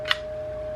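The magazine release lever on a Savage 93R17 rifle is pressed down, and the latch gives a single short, sharp click at 0.1 s as the detachable magazine releases and drops out of the magazine well. A faint steady tone runs underneath the whole clip.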